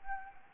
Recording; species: mosquito wingbeat signal from an infrared sensor; Anopheles arabiensis